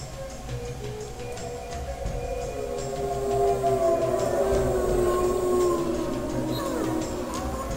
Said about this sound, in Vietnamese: Chỉ thấy đức vua của chúng chăm chú nhìn về phía nam, khe khẽ cúi đầu, rồi lại ngẩng lên, phát ra một tiếng gầm kinh thiên động địa.